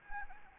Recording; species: mosquito wingbeat signal from an infrared sensor; Anopheles gambiae